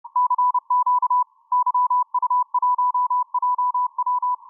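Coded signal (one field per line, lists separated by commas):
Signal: Morse code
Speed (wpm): 29 wpm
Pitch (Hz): 990 Hz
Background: none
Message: CQ YU1JW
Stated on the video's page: Morse heard on the 10-metre band.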